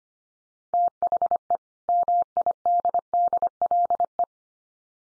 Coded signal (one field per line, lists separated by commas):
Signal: Morse code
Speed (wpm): 25 wpm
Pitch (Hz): 700 Hz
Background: none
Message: THE MIDDLE